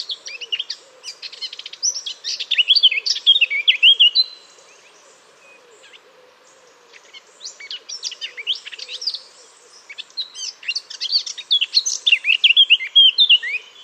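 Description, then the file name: Eurasian blackcap song in two long bursts of hurried, varied warbling with clear whistled notes, separated by a pause of about three seconds; faint low background hum. "Sylvia atricapilla"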